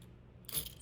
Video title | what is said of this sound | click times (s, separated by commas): Doors in the Nevada Museum of Art | all the way until i hear it click the lock | 0.5 s